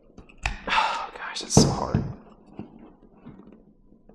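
Someone works a mount's plastic locking wings toward the bracket on an Old Town 120 ePDL Pro kayak, rigged with a Humminbird Helix 7, producing short handling knocks and scrapes while someone talks. Nothing has seated or clicked yet; the wings have not locked into place.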